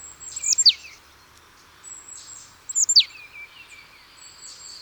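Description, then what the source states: Marsh tit calls: two sharp, high notes sliding steeply downward, about two seconds apart, with faint thin notes between them. Recorded in March.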